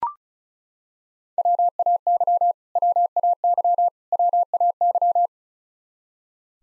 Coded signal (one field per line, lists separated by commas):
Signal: Morse code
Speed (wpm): 36 wpm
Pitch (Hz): 700 Hz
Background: none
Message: WAY WAY WAY